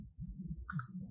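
A microSD card is pushed pins-up into the card slot of a powered-off ATN X-Sight 4K digital rifle scope, over a low steady rumble. Two sharp clicks from the spring latch sound at 0.7 s and 0.8 s as the card seats.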